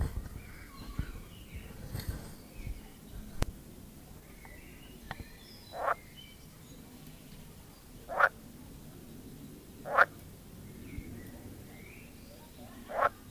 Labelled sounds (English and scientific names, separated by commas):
Edible Frog (Pelophylax esculentus)